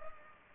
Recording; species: mosquito wingbeat signal from an infrared sensor; Culex pipiens